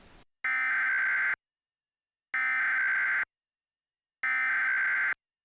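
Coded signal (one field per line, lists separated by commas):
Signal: Emergency Alert System (SAME) tones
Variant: header bursts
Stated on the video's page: Mock EAS alert, a fan-made simulation rather than a real broadcast.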